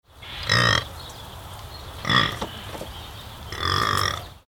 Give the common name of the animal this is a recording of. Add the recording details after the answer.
Scimitar-horned Oryx. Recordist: Tembrock, Günter. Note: Weibchen ruft nach Jungtier